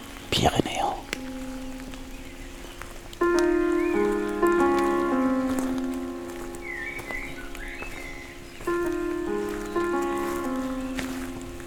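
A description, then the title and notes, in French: Rainy ambience: soft steady patter under a slow melody of sustained, overlapping tones, opening with a brief scraping burst. Ambiance pluvieuse.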